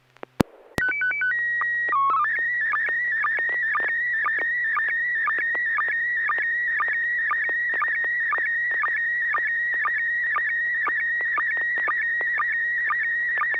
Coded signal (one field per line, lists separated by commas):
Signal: SSTV (slow-scan television)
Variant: PD 120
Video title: N6NA SSTV Net - 08/21/2024